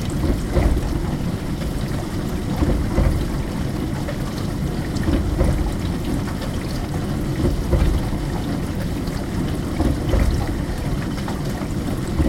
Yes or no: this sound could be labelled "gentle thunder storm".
no